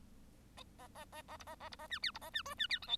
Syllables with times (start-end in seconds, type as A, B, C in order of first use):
0.78-0.88 A, 0.94-1.05 A, 1.12-1.22 A, 1.28-1.37 A, 1.39-1.44 B, 1.46-1.55 A, 1.60-1.69 A, 1.71-1.76 B, 1.78-1.87 A, 1.90-1.99 C, 2.02-2.11 D, 2.14-2.19 B, 2.21-2.30 A, 2.33-2.42 C, 2.45-2.54 E, 2.58-2.67 C, 2.69-2.79 D, 2.82-2.87 F, 2.87-2.97 G